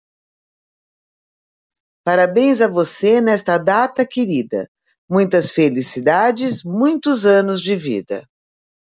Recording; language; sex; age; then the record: short text; Brazilian Portuguese; female; 60 to 69 years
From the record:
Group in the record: control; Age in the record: 60 years